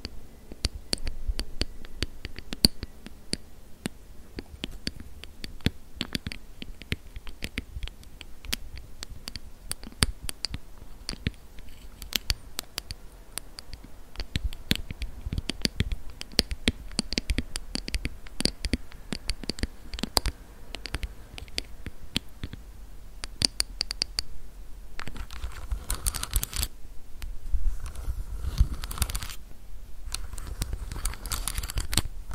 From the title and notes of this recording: ASMR Tingly Lens Tapping, Camera Scratching & Brushing Personal Attention.